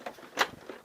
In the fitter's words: clicks into place